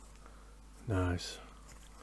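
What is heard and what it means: A glued plastic kit part for a model U-boat's radio listening compartment is being handled as it goes back into the assembly, with only faint handling noise and a low steady hum. Someone talks briefly near the middle of the clip. Nothing has seated or clicked into place yet.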